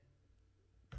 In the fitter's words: there we go so you're gonna hear a snap and you should be able to press it up and down a few times